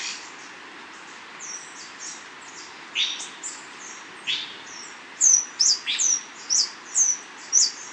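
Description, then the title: Scale-throated Hermit calling with thin, very high squeaky notes, sparse at first, then louder and repeated about twice a second through the second half. Subspecies Phaethornis eurynome eurynome, assigned from location. "LuckyPassaro Completos2Sama. Scale-throated Hermit (Phaethornis eurynome eurynome (ssp assumed from location))"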